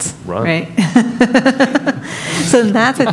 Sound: laughter